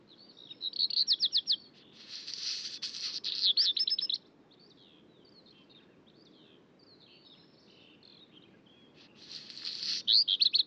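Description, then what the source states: Black Redstart song, bursts of rapid high buzzy rattling pulses with thin twittering notes, a pause of several seconds, then another burst. Dawn chorus at Col du Granon, 2400 m, above Briançon, Hautes-Alpes, France; alpine pastures; 23 June 2018 around 4:45 am; about 5 degrees, very clear sky.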